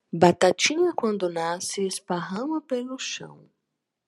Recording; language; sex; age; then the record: short text; Brazilian Portuguese; female; 30 to 39 years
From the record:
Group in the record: control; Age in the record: 38 years